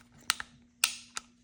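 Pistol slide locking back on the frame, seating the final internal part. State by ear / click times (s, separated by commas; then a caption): seated / 0.3 s, 0.8 s. During reassembly of a Sig Sauer P320 X-Compact striker-fired pistol, the steel slide is pushed back and locked to the rear so the final internal part drops into place, a step needed for the gun to go into battery. Sharp metallic clicks ring out at 0.3 s and 0.8 s, with softer ticks at 0.4 s and 1.2 s over a faint steady hum. The final part has seated.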